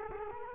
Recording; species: mosquito wingbeat signal from an infrared sensor; Culex quinquefasciatus